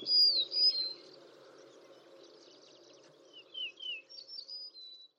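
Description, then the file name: Yellow-breasted bunting song: a loud opening of high clear notes, a pause, then a run of short descending whistled slurs, over a low steady hum. Recorded on 12 June 2004. "shimaaoji 040612 ikeda hanada"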